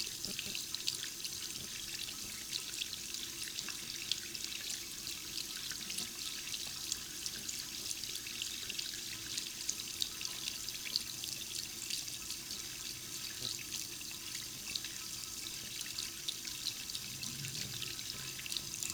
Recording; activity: daily activity, guitar pickup as the sensor; wash hands